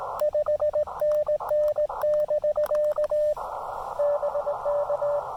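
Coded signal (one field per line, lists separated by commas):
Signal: Morse code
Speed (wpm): 18 wpm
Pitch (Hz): 590 Hz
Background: radio noise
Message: 5NN<BK> BK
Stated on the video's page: Park activation CW on 20 meters, Elecraft KX2 with KXPD2 paddles into an MFJ-1984LP end-fed half-wave antenna; loose PL-259 connector caused some scratchiness.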